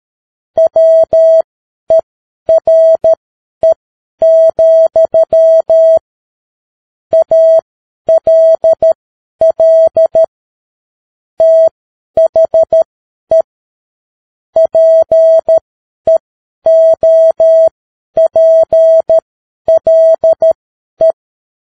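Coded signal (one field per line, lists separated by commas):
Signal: Morse code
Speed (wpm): 13 wpm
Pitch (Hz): 650 Hz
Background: none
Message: WERE, ALL THE PEOPLE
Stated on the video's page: Morse practice at 10 wpm.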